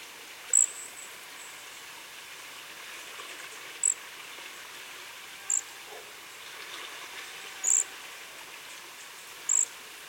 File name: Bombycilla cedrorum - Cedar Waxwing